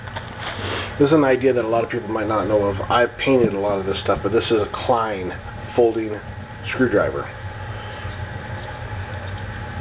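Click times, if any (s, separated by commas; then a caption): none. A Klein folding screwdriver, painted, is picked up and its blade is swung open toward its handle lock while someone talks over a steady low hum. The blade has not locked and nothing has clicked yet.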